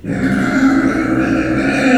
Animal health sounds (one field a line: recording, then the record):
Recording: squeal of a Yucatan mini pig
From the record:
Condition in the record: after surgery on the right vocal fold (resection and tissue-engineered implant)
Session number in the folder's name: 3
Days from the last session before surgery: 21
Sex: female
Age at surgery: 19 weeks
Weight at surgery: 25 kg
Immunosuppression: prednisolone